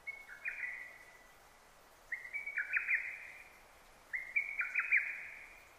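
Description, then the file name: Lesser cuckoo calling three emphatic phrases of rapid piping notes, one roughly every two seconds, against a soft hiss. Recorded 6 June 2009. "hototogisu-20090606"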